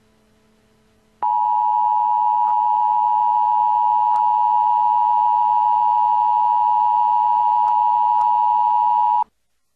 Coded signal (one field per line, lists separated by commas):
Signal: Emergency Alert System (SAME) tones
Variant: 853 and 960 Hz attention tone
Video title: Emergency Alert System - Civil Danger Warning for Shrewsbury Township, PA